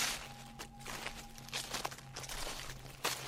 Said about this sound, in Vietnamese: Lúc đi qua nhà ấy, ông chợt loáng thoáng, nghe như có tiếng bước chân loạt xoạt đi ngay đằng sau mình.